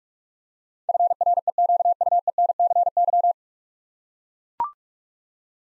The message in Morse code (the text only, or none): FREQUENCY